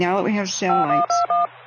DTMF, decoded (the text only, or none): 5121